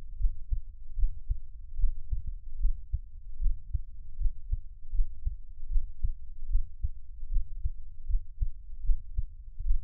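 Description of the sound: Soft, deep thumps repeat steadily at about 74 beats a minute, with no talking. This is an adult's own heartbeat, heard close up in a Taiwanese ASMR piece, and the lub-dub pattern is heard against a low, muffled hum.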